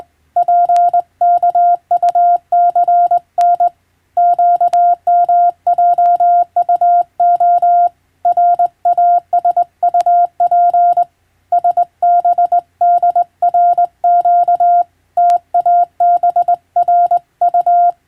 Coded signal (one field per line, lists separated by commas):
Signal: Morse code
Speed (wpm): 20 wpm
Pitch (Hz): 700 Hz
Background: none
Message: PKUCN QMJUO RASUP SBDRQ TABRU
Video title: 【無線通信士】懐かしいモールス通信、昭和はラジオでよく聞こえました。船と陸との唯一の通信手段、大変重要な無線通信でした。アマチュア無線の受信トレーニングにどうぞ morse code practice